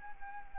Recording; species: mosquito wingbeat signal from an infrared sensor; Anopheles arabiensis